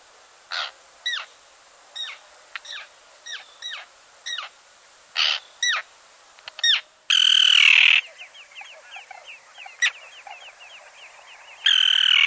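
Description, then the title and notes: Common tern calls: sharp downslurred notes repeated irregularly, then loud harsh grating 'kee-arr' bursts near seven and twelve seconds, with softer chattering between. "Laura Meyers Photograpy. Common Tern Pair. at Nickerson Beach in Nassau County, New York"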